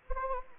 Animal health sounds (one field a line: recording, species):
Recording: mosquito wingbeat signal from an infrared sensor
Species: Anopheles gambiae